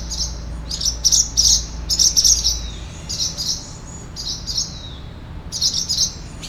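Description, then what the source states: Barn swallows twittering: bursts of high, scratchy chirps in quick clusters, several per second with short pauses, over a low steady hum. Several birds.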